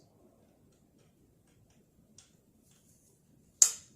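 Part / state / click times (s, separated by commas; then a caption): fuel injector into engine cylinder head / seated / 3.6 s. A diesel fuel injector is rotated by hand into an engine cylinder head until it snaps into place. After quiet low rumble and a faint tick at 2.2 s, a single sharp, loud click at 3.6 s marks the injector seating.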